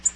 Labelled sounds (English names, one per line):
Tennessee Warbler flight call